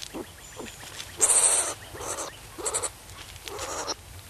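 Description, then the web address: Striped skunk giving short breathy hissing bursts mixed with brief low squeaks, about four bursts spaced under a second apart, with the loudest rush early on. "earth naturelibrary assets s st striped skunk"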